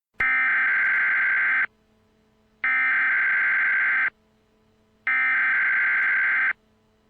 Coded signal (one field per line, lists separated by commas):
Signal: Emergency Alert System (SAME) tones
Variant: header bursts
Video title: EAS Scenario #15 - The Moon is Falling: Redone Edition